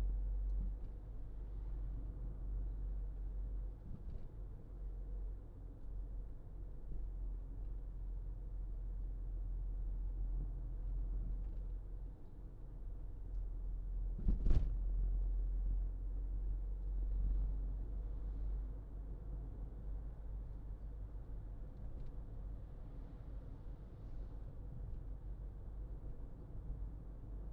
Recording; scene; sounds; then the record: everyday scene through a hearing-aid microphone; in a vehicle; engine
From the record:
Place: Berlingo II, diesel engine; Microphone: in the ear canal, left